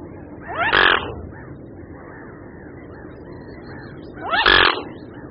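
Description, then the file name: Mute swan calls, two rasping nasal bursts roughly four seconds apart, with a constant background of calling and low rumble. "Labuť-velká"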